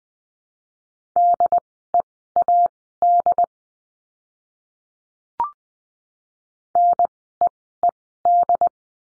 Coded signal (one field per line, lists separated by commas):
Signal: Morse code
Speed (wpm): 20 wpm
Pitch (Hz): 700 Hz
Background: none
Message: DEAD NEED